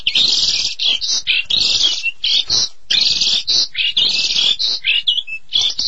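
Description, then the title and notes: Starling or myna giving a loud, varied song of harsh buzzy bursts mixed with sharp whistled notes, delivered in quick succession. "suara burung jalak"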